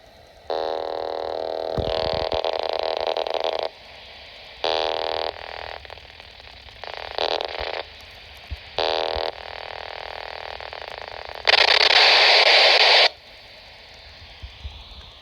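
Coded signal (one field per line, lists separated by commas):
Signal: unidentified radio signal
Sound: several harsh buzzing data bursts of varying length, the longest about 1.5 seconds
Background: radio static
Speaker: Tune. It's an AM mode. And this is the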